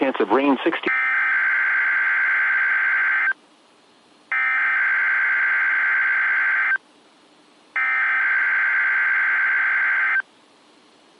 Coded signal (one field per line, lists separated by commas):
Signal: Emergency Alert System (SAME) tones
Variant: header bursts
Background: speech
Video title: Required Weekly Test On KIH35 Pittsburgh, PA 7/21/21 [EAS #533]